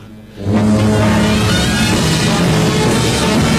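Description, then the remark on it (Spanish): During a car chase, a car engine suddenly roars to life and revs hard, a loud, gritty low drone whose pitch wavers up and down, holding steady for several seconds with no talking. “Interesante película, entretenida, con variadas persecuciones en automóviles y motocicletas, espectaculares vuelcos y tecnología para realizar los robos.”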